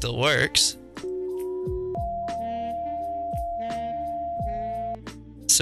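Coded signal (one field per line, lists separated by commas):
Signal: two-tone page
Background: speech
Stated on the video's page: Two-tone page from a Motorola QCII tone setup in the SCNP25 radio script for FiveM, a game.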